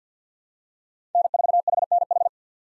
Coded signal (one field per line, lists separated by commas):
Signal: Morse code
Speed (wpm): 50 wpm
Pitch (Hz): 700 Hz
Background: none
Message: N4HNH